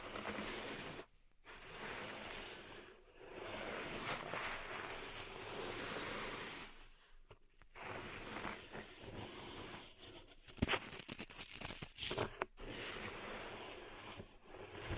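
Pink salt in a zen garden is raked and stirred, giving a dense, gritty scraping hiss that runs in long strokes with short pauses near 1, 3 and 7 seconds. Between about 10 and 12.5 seconds, sharper crackles and ticks stand out above the scraping.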